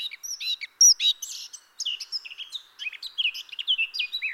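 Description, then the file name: Eurasian blackcap song: continuous rich warbling, quick twisting whistled notes mixed with scratchy chatter throughout. "Sylvia atricapilla"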